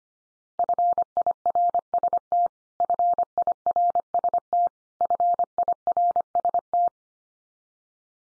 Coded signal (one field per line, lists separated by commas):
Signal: Morse code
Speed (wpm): 25 wpm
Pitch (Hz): 700 Hz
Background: none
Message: FIRST FIRST FIRST